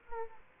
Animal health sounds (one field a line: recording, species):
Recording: mosquito wingbeat signal from an infrared sensor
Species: Aedes aegypti